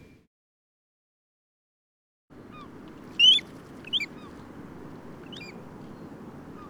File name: Calls While Taking Off And Flying Away